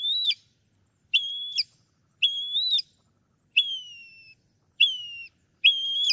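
Northern mockingbird song: clear whistled notes repeated about once a second in a steady series, one of them gliding downward.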